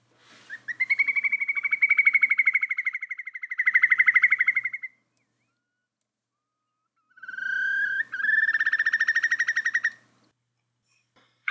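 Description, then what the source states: Whimbrel call: two rapid whistled trills of evenly repeated notes, the first lasting about four seconds, the second shorter, with quiet background between them. Elegant brownish shorebird with a long, slightly down-curved bill, about the size of a big raven or crow; replayed as the mystery sound.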